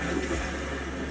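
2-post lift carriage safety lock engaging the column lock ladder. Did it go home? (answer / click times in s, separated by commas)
no / none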